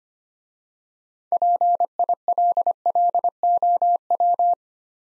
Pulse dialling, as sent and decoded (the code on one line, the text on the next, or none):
none